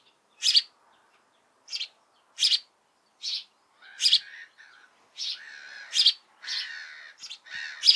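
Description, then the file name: House sparrow chirps, spaced sharp notes at first, then faster chirps mixed with harsher, buzzier chattering toward the end. "Passer domesticus"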